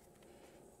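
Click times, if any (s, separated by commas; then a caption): none. A plastic tail light harness wiring connector is being pushed into its mating plug on a TST Industries fender eliminator on a Honda GROM motorcycle. Only a steady low handling noise is heard, with no sharp sound. Nothing has seated or clicked yet.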